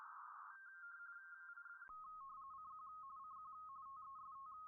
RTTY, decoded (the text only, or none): CQ CQ TEST